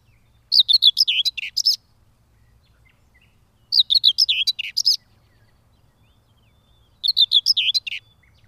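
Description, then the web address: Common whitethroat song: three brief, chattering, scratchy warbles, each about a second long, repeated roughly every three seconds with quiet gaps between. "Madardalok Mezei poszáta"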